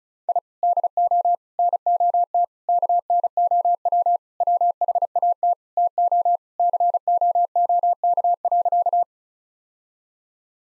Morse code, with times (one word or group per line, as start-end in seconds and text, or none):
0.3-0.4 I
0.6-1.4 DO
1.6-2.4 NOT
2.7-4.2 KNOW
4.4-5.5 WHAT
5.8-6.4 TO
6.6-9.0 COOK.